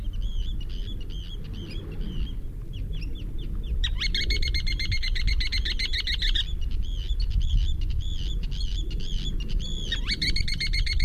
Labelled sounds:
Ruddy Turnstone call
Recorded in the wild
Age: juvenile
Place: Halbinsel Kindo, Karelien, RU
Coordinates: 66.5378, 33.1961
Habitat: seashore
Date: 1990-07-08
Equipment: Uher 4000 Report Monitor, Sennheiser MKH 416 T
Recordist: Frommolt, Karl-Heinz

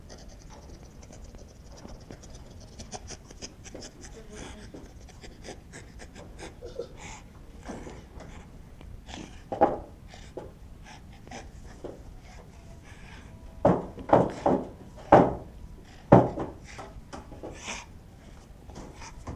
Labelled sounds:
Western Gorilla call
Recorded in captivity
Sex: female
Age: adult
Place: Tierpark Berlin, Berlin, DE
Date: 1966-04-23
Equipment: Grundig TK 1 Luxus
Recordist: TSA

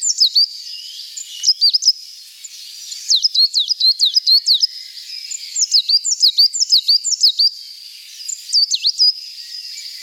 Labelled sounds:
Coal Tit song
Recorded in the wild
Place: St. Peter, Hochschwarzwald / Potsdamer Platz, Baden-Württemberg, DE
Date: 1991-06-09
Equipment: Dat-Recorder Casio DA 7, Telinga M2, stereo, Telinga-Parabolspiegel
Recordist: Schwarz, Dieter
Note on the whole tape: Song

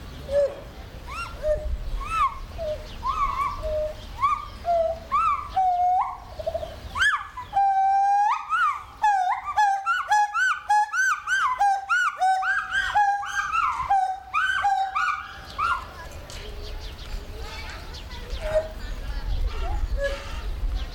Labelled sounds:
Pileated Gibbon
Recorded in captivity
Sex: male
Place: Zoo Berlin, Berlin, DE
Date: 1996-04-06 12:50
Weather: heiter, 10 - 16 °C
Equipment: Sony MD-WM MZ-R3, Sennheiser MKH 416 T, Kopie Uher 4000 Report Monitor
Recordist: Tembrock, Günter

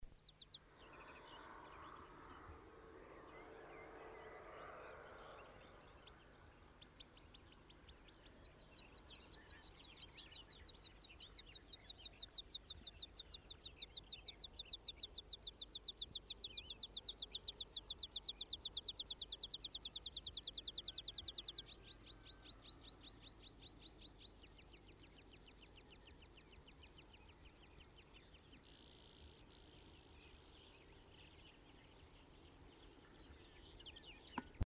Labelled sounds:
Meadow Pipit song
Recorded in the wild
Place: Sötern, Saarland, DE
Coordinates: 49.5947, 7.065
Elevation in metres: 419
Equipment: Nagra IV, Sennheiser MKH 405, Parabolreflektor
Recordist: Tretzel, Erwin
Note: Aufnahme Pfingstwoche 1973, Sötern Friedhofsnähe, Nohfelden: Gesang

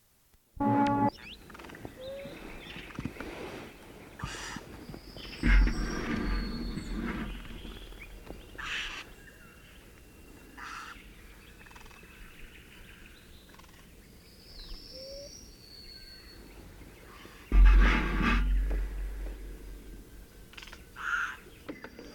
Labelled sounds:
Eurasian Hoopoe
Yellowhammer song
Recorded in the wild
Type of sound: call
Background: Emberiza citrinella
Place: Independenta, Dobrogea, RO
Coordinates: 44.67, 27.931
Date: 1973-05-01
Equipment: Nagra III BH, Sennheiser MD 21, parabola
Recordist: Schubert, Michael
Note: Wiedehopf mit 2 Rufformen (Streit); Gesang Goldammer

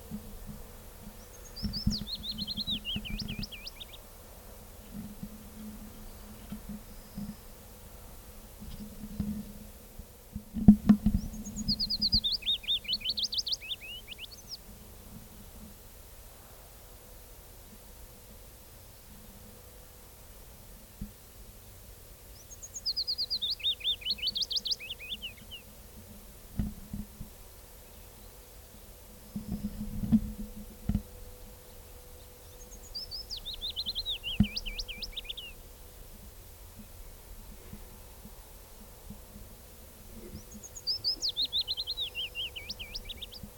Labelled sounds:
Willow Warbler song
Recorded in the wild
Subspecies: trochilus
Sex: male
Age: adult
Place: Lausanne, Waadt, CH
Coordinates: 46.55, 6.68333
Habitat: forest
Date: 1964-05-11 10:15
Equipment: Nagra III PH, Parabolspiegelmikrophon, LGS26
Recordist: Sapper and Schneider, H.-J

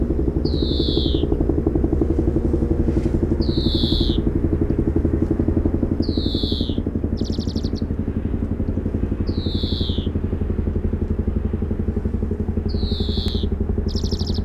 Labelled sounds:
European Greenfinch song
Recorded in the wild
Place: Oberstdorf, Bayern, DE
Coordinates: 47.415, 10.2603
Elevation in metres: 889
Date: 1980-04-05
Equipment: Uher 4000 Report
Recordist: Tretzel, Erwin

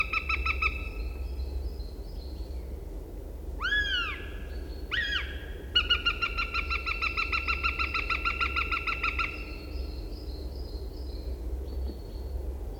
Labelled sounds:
Northern Goshawk call
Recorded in the wild
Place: Ralswieker Forst, Insel Rügen, Mecklenburg-Vorpommern, DE
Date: 1969-04-06
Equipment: NAGRA III BH, Sennheiser MD21 mit Reflektor (d=75 cm, Glasfiber) und Stativ
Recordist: Schubert, Michael

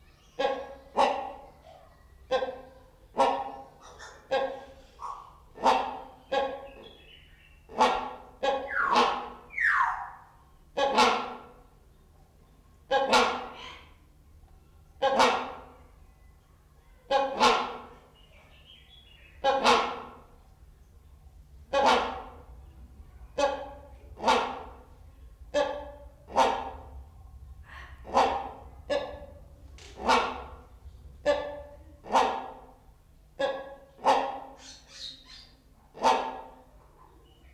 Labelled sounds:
Common Hill Myna
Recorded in captivity
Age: adult
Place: Zoo Berlin, Berlin, DE
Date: 1994-03-26 11:22
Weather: 4-5°C, bedeckt, z.T. Regen
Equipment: Marantz CP 430, Sennheiser ME 80, Kopie Uher Variocord 263
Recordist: Tembrock, Günter

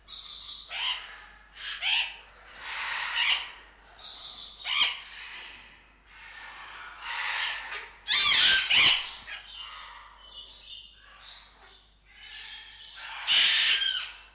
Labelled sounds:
Blue-winged Macaw call
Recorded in captivity
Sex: group
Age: adult
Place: Zoo Berlin, Berlin, DE
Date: 1997-11-22 11:31
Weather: overcast, ca.1°C
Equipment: Nagra SN, Kopie Uher 4000 Report Monitor
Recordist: Tembrock, Günter

